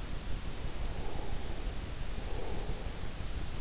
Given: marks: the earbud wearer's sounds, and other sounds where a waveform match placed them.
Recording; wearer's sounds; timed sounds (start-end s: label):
sounds in sleep by an in-ear microphone; breath
0.29-3.61 s: breath